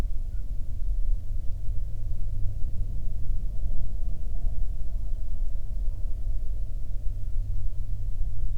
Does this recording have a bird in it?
no